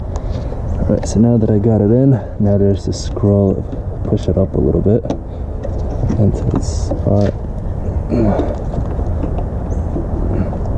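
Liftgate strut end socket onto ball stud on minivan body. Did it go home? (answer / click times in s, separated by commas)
yes / 9.4 s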